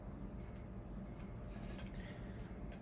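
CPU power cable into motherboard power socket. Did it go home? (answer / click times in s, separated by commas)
no / none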